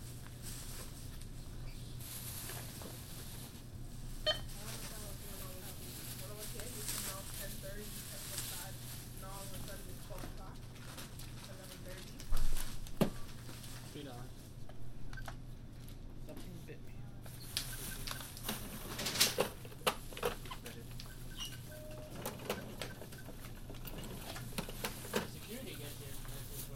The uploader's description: A binaural field recording, walking up Broadway to the store and back